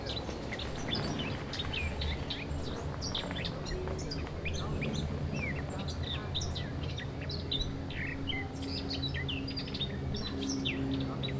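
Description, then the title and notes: Eurasian blackcap song, a jumble of quick chirps and whistled phrases above a steady low hum. Singing in a large maple beside a path in the Jardin Vagabond, Mémard, Aix-les-Bains, Savoie, France, with passers-by. "dans le Jardin Vagabond , les passants et le chant d'une fauvette à tête noire"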